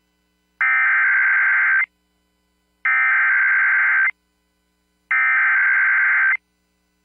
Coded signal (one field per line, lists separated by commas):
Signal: Emergency Alert System (SAME) tones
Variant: header bursts